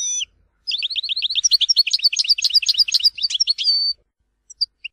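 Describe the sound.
European goldfinch song, a rapid rolling twitter of repeated tinkling notes lasting about three seconds, ending in a short steady note, then a few faint chirps.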